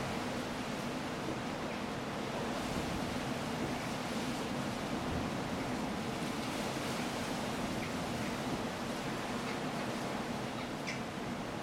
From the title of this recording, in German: Ein Sturm an der Küste